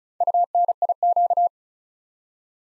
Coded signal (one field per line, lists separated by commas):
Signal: Morse code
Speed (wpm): 36 wpm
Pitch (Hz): 700 Hz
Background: none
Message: UNIQ